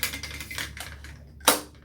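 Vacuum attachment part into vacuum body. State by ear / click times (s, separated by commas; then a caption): seated / 1.5 s. During assembly of a Hoover Max & Pet vacuum cleaner, a plastic attachment part is pushed into its socket on the vacuum body. A few soft rattling clicks of handling are heard, followed by one sharp, loud click at 1.5 s as the part seats firmly into place.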